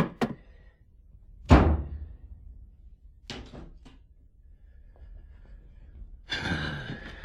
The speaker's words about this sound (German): Sag mal, was war denn das für ein Knall? Knall? Achso, die Schlafzimmertür, die ist in der Zugluft zugeknallt.